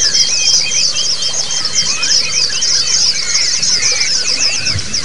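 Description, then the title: White-eye flock singing, a busy high twittering mass with scattered short whistled slurs, steady and unbroken. A group (ombyokan) of white-eyes singing together, a therapy (terapi) recording. "Suara Terapi Pleci Ombyokan"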